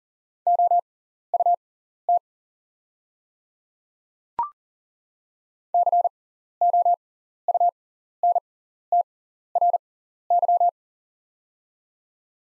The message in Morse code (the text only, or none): OUT COUNTRY